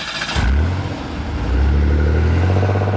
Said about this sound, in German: Ich brachte ihn in meinen Wagen und raste die Storrow Street zum Southeast Expressway hinunter zum Busbahnhof.